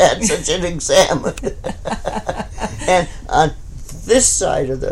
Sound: laughs